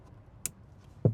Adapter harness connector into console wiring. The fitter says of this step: and then this just pops right in. like so.